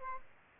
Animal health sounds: mosquito wingbeat signal from an infrared sensor; Aedes aegypti

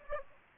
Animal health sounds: mosquito wingbeat signal from an infrared sensor; Aedes aegypti

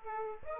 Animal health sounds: mosquito wingbeat signal from an infrared sensor; Aedes aegypti

